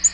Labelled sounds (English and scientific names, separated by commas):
Black-throated Green Warbler (Setophaga virens) flight call